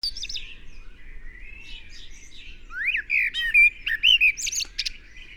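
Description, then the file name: Eurasian blackbird: a soft, quiet warble, then a louder run of clear rising whistled notes mixed with sharp squeaky high chips. "Turdus merula"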